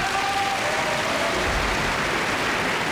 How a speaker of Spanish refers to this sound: ¿Se merece o no se merece un aplauso?